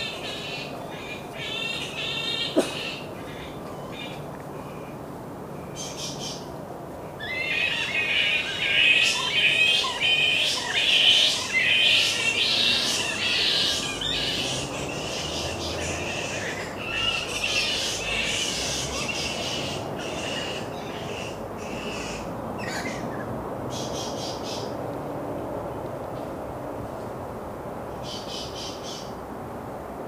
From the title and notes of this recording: Carrington Mangroves | Bat colony just before dusk. Flying foxes, passers by, traffic.